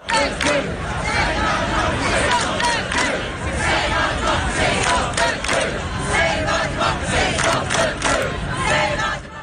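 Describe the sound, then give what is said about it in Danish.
A large protest crowd outside Westminster in London chants and shouts in unison "Save our democracy, stop the coup" against Boris Johnson suspending parliament, a loud, steady roar of many voices with rhythmic surges of rising and falling energy throughout. “De står ude for en Westminster, og de er jo selvfølgelig voldsomt vrede over, at Boris Johnson har sendt parlamentet hjem.”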